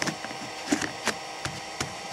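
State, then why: Seated. A knife blade is slid into a handmade vinyl sheath and pushed home until it locks into the sheath's retention, with a sharp click at 0.0 s. A few more short, light taps and clicks follow over the next two seconds against a faint background hum. The knife is seated and locked in the sheath, sliding in nicely without snagging.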